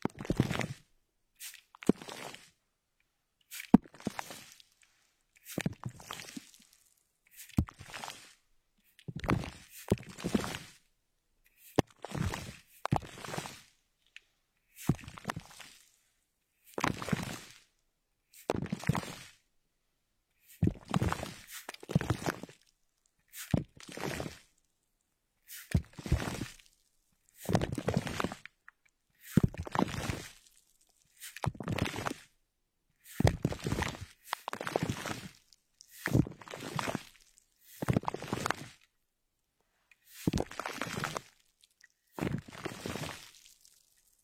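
Objects such as a bag, glasses and a notebook are handled in short crinkly, crunchy bursts, repeating every second or two between silences.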